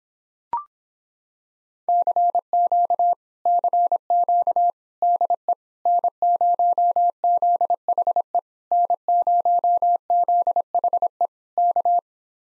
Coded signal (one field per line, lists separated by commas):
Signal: Morse code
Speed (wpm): 26 wpm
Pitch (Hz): 700 Hz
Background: none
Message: CQ CQ DE N0ZHE N0ZHE K